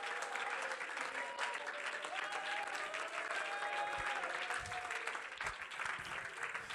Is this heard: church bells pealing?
no